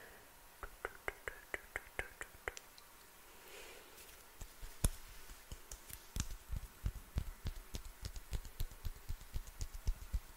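Finger fluttering and hand sounds make quick, sharp clicks and taps in bursts, pausing briefly near four seconds, then resuming faster and denser.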